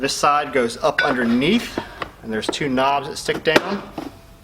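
Someone talks while handling the second half of a plastic splash pan, fitting it up underneath a pottery wheel so its two knobs engage. Faint handling sounds accompany the speech. Nothing has seated or clicked yet.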